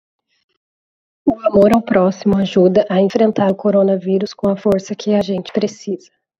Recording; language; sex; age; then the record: spoken sentence; Brazilian Portuguese; female; 20 to 29 years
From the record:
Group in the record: control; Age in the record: 28 years